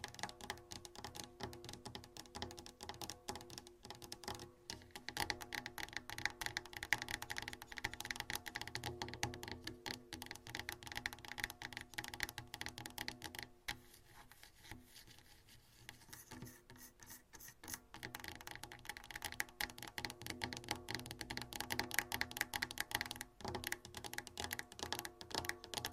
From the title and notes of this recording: Scratching , Tapping & Massage with DIFFERENT Mics , Items & Nails.